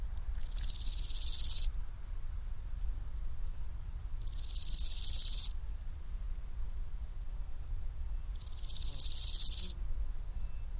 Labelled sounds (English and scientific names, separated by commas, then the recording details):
Large Gold Grasshopper (Chrysochraon dispar) stridulation
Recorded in the wild
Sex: male
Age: imago
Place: Lübars (Fließtal), Berlin, DE
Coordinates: 52.6167, 13.35
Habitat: Feuchtbiotop
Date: 1998-08-10 12:53
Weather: sonnig, 24°C
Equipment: Sony MD-WM MZ-R3, Sennheiser ME 80, Kopie Uher 4000 Report Monitor
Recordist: Tembrock, Günter
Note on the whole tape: Männchen: Strophen, hat nur einen Hinterschenkel